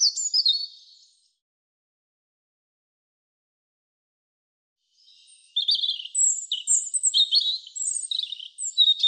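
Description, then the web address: European robin song: a brief high warbled phrase, several seconds of silence, then a longer run of thin, tumbling, varied notes that rise and fall quickly. "cianscape birddata Deverinetal 2025 Bird Er Ru"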